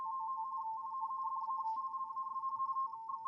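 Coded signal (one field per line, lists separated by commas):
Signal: RTTY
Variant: 45 baud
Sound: rapid warbling between two close tones around 1 kHz, steady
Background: radio static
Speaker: lo and behold I'm on a signal here so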